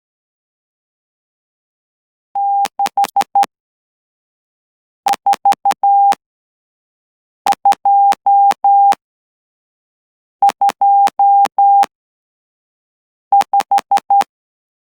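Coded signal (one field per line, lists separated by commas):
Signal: Morse code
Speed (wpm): 11 wpm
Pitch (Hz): 800 Hz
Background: none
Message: 64225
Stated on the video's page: 12 WPM straight key sending practice for an amateur Morse exam, letters and numbers in 15 groups, using DAFCON SK-600 and another straight key through a CW player interface.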